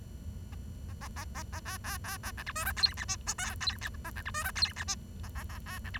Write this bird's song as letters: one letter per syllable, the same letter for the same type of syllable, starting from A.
A A A A A A B B B A C D E F G H I J K G H A C D E F G H I A A A B C D